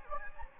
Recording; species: mosquito wingbeat signal from an infrared sensor; Anopheles gambiae